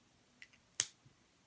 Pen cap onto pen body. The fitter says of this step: and you get that satisfying click